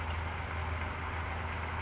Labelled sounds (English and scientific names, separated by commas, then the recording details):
California Towhee (Melozone crissalis)
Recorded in Sonoma County, California